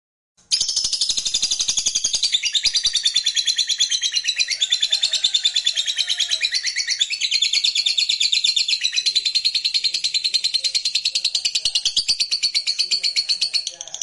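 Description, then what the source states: Lovebird song as one long, unbroken stream of rapid, shrill twittering notes that holds almost evenly for the whole stretch. Lovebird song used to stimulate other lovebirds.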